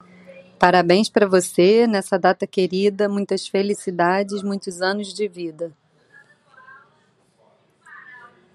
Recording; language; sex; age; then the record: short text; Brazilian Portuguese; female; 30 to 39 years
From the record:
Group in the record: control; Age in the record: 39 years